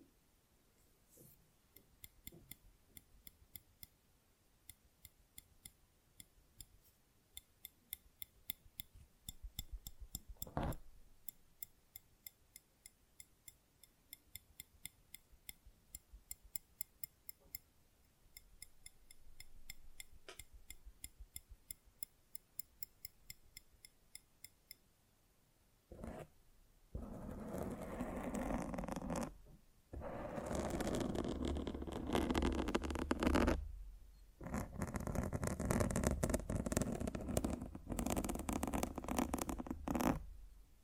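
Mic scratching: sparse, quick clicks and ticks for about 25 seconds, then dense rough rubbing bursts start and stop through the end.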